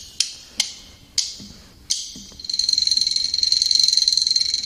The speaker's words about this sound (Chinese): 这四块板完全就是靠两个手，然后一个手是两块板。哎，就这样敲击出来。